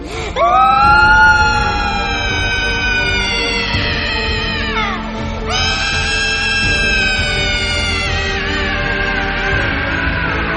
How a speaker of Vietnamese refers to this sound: Nghe vậy thì Ngân gào khóc đau đớn.